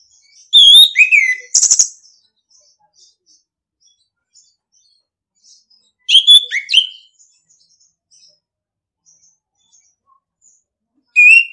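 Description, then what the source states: Orange-headed thrush song: loud, varied phrases of sweet whistles mixed with harsh scratchy notes, repeated roughly every five seconds with silence between. Training recording (masteran) of orange-headed thrush song for birds to learn from; song style called ngeplong.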